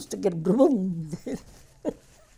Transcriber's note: she laughs